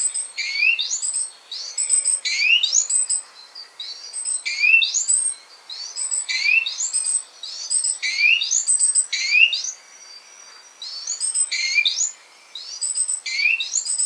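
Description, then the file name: Great tit calls, a steady series of sharp high chirps grouped in short bursts, repeated every second or two. "Parus major"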